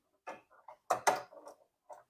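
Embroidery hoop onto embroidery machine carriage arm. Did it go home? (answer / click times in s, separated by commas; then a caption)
no / none. An embroidery hoop is being handled and fitted back onto an embroidery machine's carriage arm, with a series of short ticks and taps, the strongest around 0.9 to 1.1 s. The clip ends before the hoop locks in, so nothing has seated or clicked yet.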